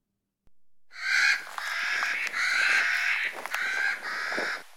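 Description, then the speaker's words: Clark's nutcracker calls: several harsh, grating, crow-like squawks in bursts, each about half a second to a second long. Several birds calling; a bird of high pine forests such as the Sierra Nevada mountains; they sound a bit like crows or scrub jays. "That sound you're hearing? It's a Clark's Nutcracker, a bird that lives high up in pine forests, like in the Sierra Nevada mountains. And it sounds like we're hearing several of them."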